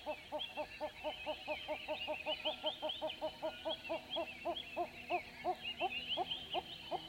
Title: Southern African dawn - diffuse birdsong with hornbills